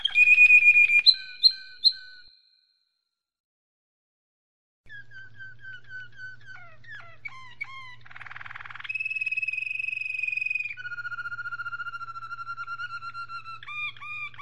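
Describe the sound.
Domestic canary song with loud bright opening notes, a pause, then rapid repeated chirps, a buzzy roll and long steady whistled trills at changing pitches.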